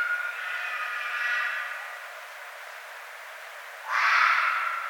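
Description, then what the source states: Red fox scream: a fading hoarse cry trails off at the start, then after a pause one loud, harsh, drawn-out scream begins abruptly. Recorded 1 February 2012.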